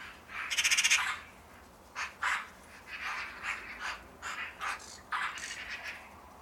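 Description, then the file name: Eurasian magpie giving a loud harsh rattling chatter, then a series of separate rasping notes spaced irregularly over several seconds. "Pica pica"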